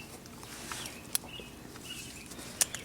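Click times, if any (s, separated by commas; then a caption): 1.2 s, 2.6 s. A click-type torque wrench tightens a transmission bolt on a 3rd gen 4Runner and is checked after a pin was found broken. Sharp clicks sound at 1.2 s and 2.6 s over a faint steady background. The wrench still torques at its setting.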